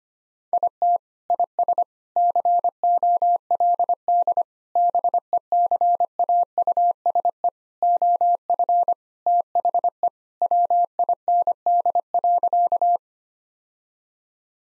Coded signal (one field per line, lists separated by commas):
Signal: Morse code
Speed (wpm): 25 wpm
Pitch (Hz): 700 Hz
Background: none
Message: IT IS COLD BECAUSE OF THE WIND.